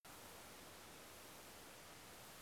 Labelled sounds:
none
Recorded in France

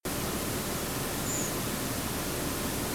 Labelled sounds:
Redwing
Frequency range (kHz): Redwing 6.5-7.4 kHz
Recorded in France

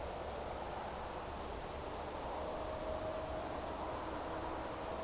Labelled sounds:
European Robin
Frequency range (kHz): European Robin 6.7-8.9 kHz
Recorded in France

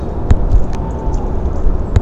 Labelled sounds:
European Robin
Tawny Owl
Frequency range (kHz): European Robin 4.2-8.7 kHz; Tawny Owl 0.6-1.0 kHz
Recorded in France

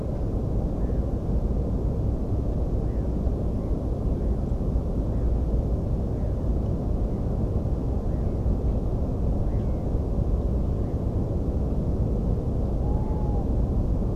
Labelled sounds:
Black-headed Gull
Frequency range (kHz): Black-headed Gull 1.2-2.5 kHz
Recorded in France

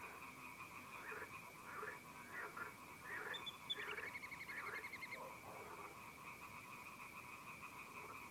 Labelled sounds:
Little Grebe
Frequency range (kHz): Little Grebe 1.6-4.6 kHz
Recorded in France

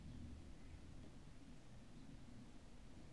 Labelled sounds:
House Sparrow
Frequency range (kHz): House Sparrow 3.3-4.2 kHz
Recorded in France

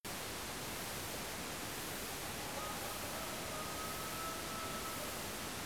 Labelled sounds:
Domestic Chicken
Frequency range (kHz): Domestic Chicken 0.5-1.4 kHz
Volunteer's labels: Autre biophonie Coq domestique
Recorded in France

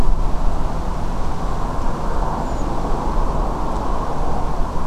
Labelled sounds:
Redwing
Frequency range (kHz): Redwing 6.3-7.9 kHz
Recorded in France

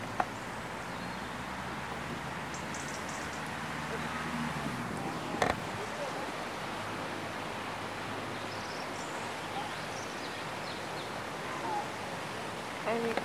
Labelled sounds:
European Robin
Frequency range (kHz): European Robin 2.8-9.4 kHz
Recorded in France

